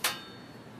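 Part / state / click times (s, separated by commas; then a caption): butane fuel canister into portable camp stove / seated / 0.1 s. A small butane fuel bottle is pushed into a portable camp stove and seats with a single sharp click at 0.1 s. The bright, broadband snap fades quickly into quiet background hiss.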